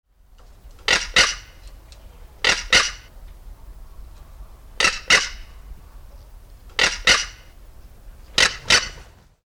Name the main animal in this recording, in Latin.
Caracara plancus